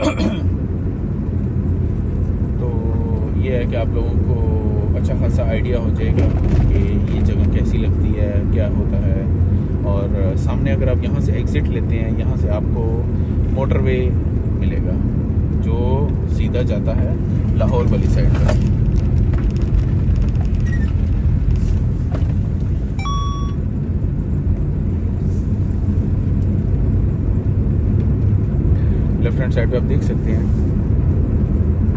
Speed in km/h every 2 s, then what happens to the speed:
27, 27, 28, 27, 25, 26, 25, 23, 19, 15, 18, 20, 21, 23, 25, 26.
0-12 steady at about 27. 12-17 slows to 15. 17-32 speeds up to 26.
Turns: 13-19.